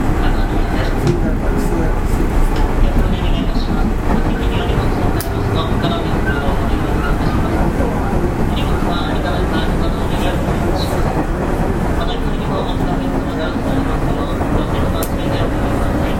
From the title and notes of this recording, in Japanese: 西鉄5000系 普通 二日市から薬院まで。西日本鉄道 5000系電車の走行音です。大牟田線の普通列車で録音しました。It is running noise of Nishitetsu railway 5000 series train.I recorded on a local train at Omuta Line.